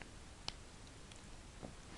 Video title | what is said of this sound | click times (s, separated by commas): Personalise Your Sonic Screwdriver Set Review | click into place it's a cool screwdriver or you could just leave it like that | 0.5 s